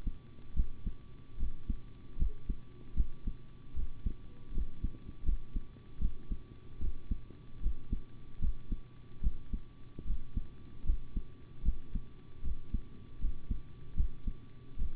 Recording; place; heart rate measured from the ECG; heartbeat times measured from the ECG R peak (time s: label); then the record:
heart sounds by stethoscope; between the tricuspid and mitral areas; 76 bpm
0.54 s: heartbeat
1.37 s: heartbeat
2.17 s: heartbeat
2.95 s: heartbeat
3.74 s: heartbeat
4.52 s: heartbeat
5.24 s: heartbeat
5.99 s: heartbeat
6.79 s: heartbeat
7.61 s: heartbeat
8.40 s: heartbeat
9.21 s: heartbeat
10.05 s: heartbeat
10.84 s: heartbeat
11.63 s: heartbeat
12.42 s: heartbeat
13.19 s: heartbeat
13.95 s: heartbeat
14.77 s: heartbeat
From the record:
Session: rest, sitting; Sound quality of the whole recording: good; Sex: male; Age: 25 years